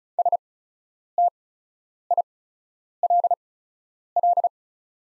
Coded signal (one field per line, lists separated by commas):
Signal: Morse code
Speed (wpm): 36 wpm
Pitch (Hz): 700 Hz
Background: none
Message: STILL